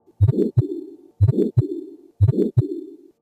Aortic Stenosis Moderate and Regurgitation Mild.